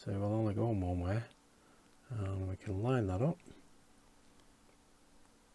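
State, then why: Not seated. A plastic scale-model cockpit part with one large and one small locating peg is being lined up with its matching holes in the cockpit floor. Someone talks through the alignment in two bursts, followed by a quiet stretch with only faint low hum. Nothing has seated or clicked yet, because the part is still being handled and has not gone home.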